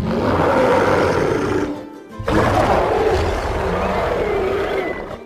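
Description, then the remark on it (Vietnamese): A thiết bối long creature roars from outside a mountain ravine: a deep, rumbling roar sustained for about two seconds, a brief pause, then a second long growling roar that slowly fades, loud and gritty with no talking. “Ngoài khe núi truyền đến tiếng kêu của thiết bối long.”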